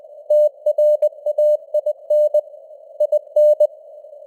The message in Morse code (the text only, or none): TRAIN IN